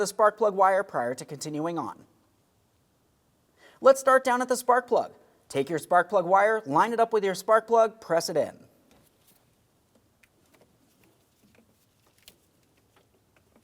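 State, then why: Seated. Someone talks while the rubber boot of a new spark plug wire is lined up with the spark plug of a 6.0L V8 engine in a 2007-2014 GMC Sierra 2500 HD and pressed on by hand. After the talking stops, faint handling ticks are followed by a sharp click at 12.3 s as the boot seats onto the plug. A light tug afterward confirms it holds.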